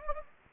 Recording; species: mosquito wingbeat signal from an infrared sensor; Anopheles gambiae